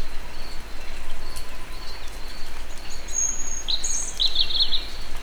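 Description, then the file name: European robin song: a thin high whistle followed by a quick glittering twittery phrase near the end, over a steady series of repeated high notes and low background rumble. Recorded in nature at Egerturistaház. "vorosbegy egerturistahaz"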